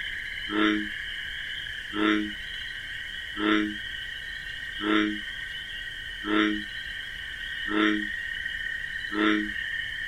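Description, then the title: American bullfrog croaking, a low harmonic note repeated about every 1.4 seconds, seven times, over a steady high two-toned cricket drone. Wetlands at night among marsh grasses; call described as a deep 'jug-o-rum'; crickets chirping in a nocturnal chorus. "Bullfrog Sound. The Wondrous Wetlands"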